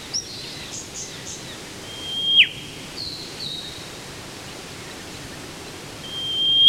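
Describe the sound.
Whipbird whip calls: two long, steady high whistles, each ending in an abrupt cracking whip, the second at the very end, amid soft chirps from other birds.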